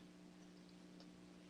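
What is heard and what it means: A plastic hanging hook is handled while being fitted onto a small collectible toy during unboxing, with soft handling noise and a faint tick near 1.0 s over a steady low hum. The hook has not snapped into place yet; nothing has seated or clicked.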